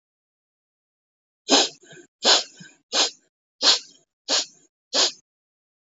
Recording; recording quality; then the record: shallow breathing; excellent, no background noise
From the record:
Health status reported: healthy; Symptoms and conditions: diabetes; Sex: female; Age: 41 years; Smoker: not ticked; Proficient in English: yes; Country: Canada